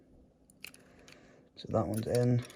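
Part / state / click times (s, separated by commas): plastic retaining clip of a start-stop button panel into the dashboard / seated / 0.6 s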